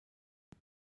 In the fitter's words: Push the bed up into the ceiling space until the bed locks with an audible click.